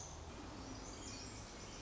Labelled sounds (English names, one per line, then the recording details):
Pacific Wren
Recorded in Sonoma County, California